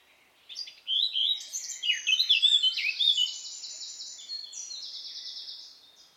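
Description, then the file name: Eurasian blackcap song, a quick tumbling warble of high notes that runs into a steady, fast trill of repeated notes lasting a couple of seconds. "Sylvia atricapilla"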